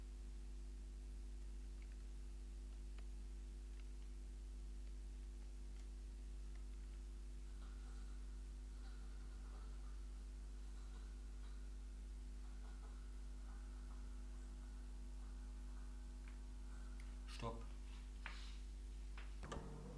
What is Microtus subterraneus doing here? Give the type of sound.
defence call